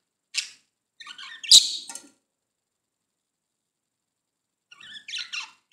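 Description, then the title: Budgerigar chatter: a high squeak, then a burst of buzzy, squeaky notes with a sharp click, silence, and a short run of soft chirps at the end. "Budgie Sounds"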